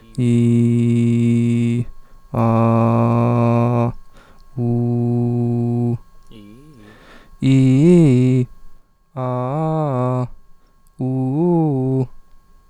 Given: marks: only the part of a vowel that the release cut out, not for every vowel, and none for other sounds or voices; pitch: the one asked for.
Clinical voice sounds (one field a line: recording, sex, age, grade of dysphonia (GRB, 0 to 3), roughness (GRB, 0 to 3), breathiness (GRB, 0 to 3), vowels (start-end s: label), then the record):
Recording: sustained vowels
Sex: male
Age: 20 to 29 years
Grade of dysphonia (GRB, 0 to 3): 0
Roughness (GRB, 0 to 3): 0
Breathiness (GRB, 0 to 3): 0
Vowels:
0.27-1.75 s: vowel /i/, low pitch
2.56-3.80 s: vowel /a/, low pitch
4.63-5.84 s: vowel /u/, low pitch
7.49-8.36 s: vowel /i/, low-high-low pitch
9.21-10.15 s: vowel /a/, low-high-low pitch
11.05-11.96 s: vowel /u/, low-high-low pitch
From the record:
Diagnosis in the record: healthy voice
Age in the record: 25 years